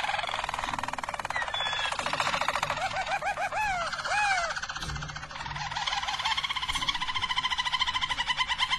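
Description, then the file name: Harz Roller canary rolling softly and steadily, with rising and falling looped notes in the middle before a higher, even trill takes over. Belgian Harz Roller canary. "canto do canario belga harz roller"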